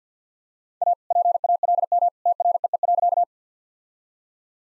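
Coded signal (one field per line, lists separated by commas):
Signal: Morse code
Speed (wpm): 50 wpm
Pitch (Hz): 700 Hz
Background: none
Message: A PALM TREE.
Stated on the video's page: Morse practice set at 50 wpm, jokes sent with contextual priming.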